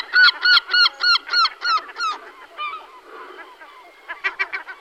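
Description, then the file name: European herring gull calls: a fast run of loud, evenly repeated yelping notes that fades into quieter mewing, then a brief renewed burst of yelps. "racek-stříbřitý"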